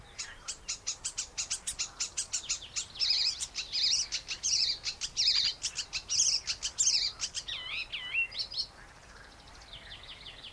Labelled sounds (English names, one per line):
Icterine Warbler